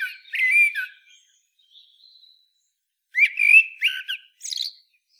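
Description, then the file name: Eurasian blackbird with a warbled fluty phrase, a faint thin note in the gap, then a longer whistled phrase finishing in a high squeak. "Turdus merula"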